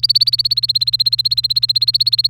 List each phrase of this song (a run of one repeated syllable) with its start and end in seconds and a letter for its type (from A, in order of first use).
0.00-2.30 A